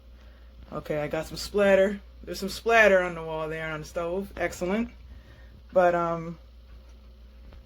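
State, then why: Not seated. The plastic lid of a Swietonic 20 oz portable blender cup is handled before being pushed down to lock onto the cup, while someone talks throughout. A faint tick is heard at about 7.5 s, but nothing has seated or clicked yet; the lid is not yet locked in place.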